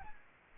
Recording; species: mosquito wingbeat signal from an infrared sensor; Aedes albopictus